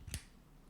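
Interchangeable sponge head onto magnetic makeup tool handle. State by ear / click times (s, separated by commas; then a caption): seated / 0.1 s. An interchangeable sponge head is snapped onto a magnetic makeup tool handle. A single sharp click rings out at 0.1 s as the head seats, followed by a faint low background hum. The head is confirmed seated on the handle.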